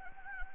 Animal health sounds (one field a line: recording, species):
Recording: mosquito wingbeat signal from an infrared sensor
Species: Anopheles gambiae